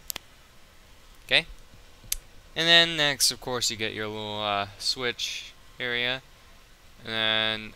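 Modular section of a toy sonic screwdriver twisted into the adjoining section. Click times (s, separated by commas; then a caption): 0.1 s, 0.2 s. A modular section of a plastic toy sonic screwdriver is twisted into the adjoining section and locks in place with a double click at 0.1 and 0.2 seconds, seating it. A single sharp tap follows at about 2.1 seconds, and then someone talks.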